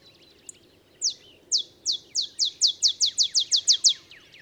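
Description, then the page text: Olive sparrow song: a single high chip, then downslurred notes that accelerate into a quick, bouncing-ball series lasting about three seconds. Male olive sparrow; simple songs likened to a field sparrow's bouncing ball song; early morning in Texas, 50 miles north of the Mexican border. "Olive sparrow. Recording early morning just 50 miles north of the Mexican border in Texas"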